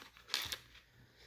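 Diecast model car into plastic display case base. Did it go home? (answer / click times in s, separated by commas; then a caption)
yes / 0.3 s. A 1:64 diecast car is pressed into the plastic base of its protective display case. A sharp click at 0.3 s marks the car snapping into place, followed by a fainter click around 0.5 s. The car is seated in the base.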